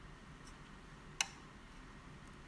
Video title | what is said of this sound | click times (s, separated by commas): BenQ HT1075 Projector Disassembly and Reassembly | and the circuit board snaps into place in two different parts there's a | 1.2 s